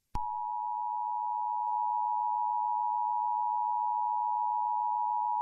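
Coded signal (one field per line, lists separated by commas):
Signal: Emergency Alert System (SAME) tones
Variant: 853 and 960 Hz attention tone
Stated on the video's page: Fake tornado alert within a fictional story.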